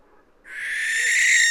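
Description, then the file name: Barn owl screech starting after a short quiet pause, a long harsh hissing shriek that holds steady and grows slightly louder to the end. "Schleiereule - Tyto alba"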